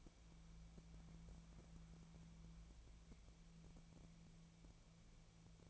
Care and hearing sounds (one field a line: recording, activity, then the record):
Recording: daily activity, microphone in the room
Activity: wipe stove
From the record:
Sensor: 1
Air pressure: 1000.6 hPa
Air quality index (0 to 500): 186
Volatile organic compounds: 5 ppm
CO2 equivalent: 1710 ppm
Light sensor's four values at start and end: 11/27/11/13 and 11/27/11/13